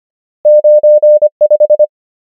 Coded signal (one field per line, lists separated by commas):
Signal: Morse code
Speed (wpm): 25 wpm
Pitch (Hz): 600 Hz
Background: none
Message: 9 5